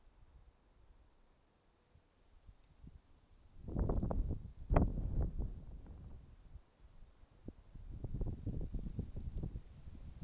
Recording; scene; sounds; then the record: everyday scene through a hearing-aid microphone; wind on the microphone; wind, traffic, birds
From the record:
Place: suburban garden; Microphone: in the ear canal, right